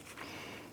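A plastic condenser fan assembly from a 2004-2008 Acura TL is being handled as its notch and lower pin are pushed toward the lower mounting point on the fan during replacement of the AC condenser cooling fan assembly. A steady, soft broadband rustle runs through the clip with no distinct impact. Nothing has seated or clicked yet.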